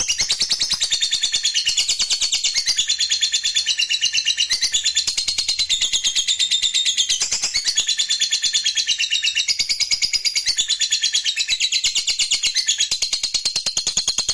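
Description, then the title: Lovebird delivering a sustained, high-pitched chattering trill, fast regular pulses continuing unbroken for the whole stretch. Fighter lovebird giving a long ngekek trill. "Begitu Dengar Suara Lovebird FIGHTER NGEKEK PANJANG"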